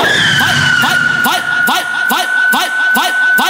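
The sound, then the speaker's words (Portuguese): During a live baile funk DJ set, a car brakes hard, its tires letting out a long, steady high-pitched screech that holds for several seconds over a loud, regular pulsing beat. “Estacando.”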